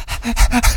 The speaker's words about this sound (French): Ça c'est un chien. Vous voyez, c'est pas pareil.